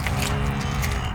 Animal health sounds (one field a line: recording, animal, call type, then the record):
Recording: contact call of a hoofed animal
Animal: cattle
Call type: low-frequency (closed-mouth) or high-frequency (open-mouth) call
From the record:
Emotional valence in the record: negative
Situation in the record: full separation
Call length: 1.15 s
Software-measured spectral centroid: 3830 Hz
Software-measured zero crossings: 2050 a second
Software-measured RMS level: -24 dBFS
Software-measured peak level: -7 dBFS